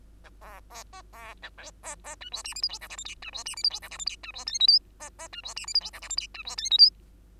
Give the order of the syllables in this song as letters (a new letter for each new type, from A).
A B B C B A D C C E F G H I J K L M N E F G H I J K L M N E F O P Q C C E F G H I J K L M N E F O P Q